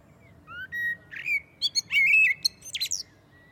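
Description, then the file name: Common blackbird song, a mellow whistled phrase with a sustained fluty note, then a thin high twittering ending. "Turdus merula"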